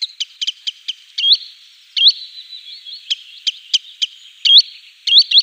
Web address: Schulze Peter Green Sandpiper calls